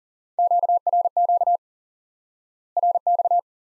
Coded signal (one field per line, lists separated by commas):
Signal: Morse code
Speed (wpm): 40 wpm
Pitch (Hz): 700 Hz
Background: none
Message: QRQ RX